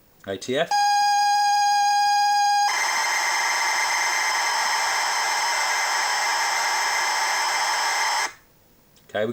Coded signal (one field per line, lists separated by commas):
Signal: ZX Spectrum tape loading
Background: speech